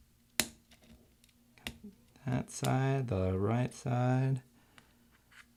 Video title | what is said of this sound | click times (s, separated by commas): LEFT ARROW key replacement on the 13" Macbook Pro Unibody Core 2 Duo 2.26 Ghz | now that's in place just take your finger and push down on it until it snaps a couple times or snaps in place | 0.4 s, 1.7 s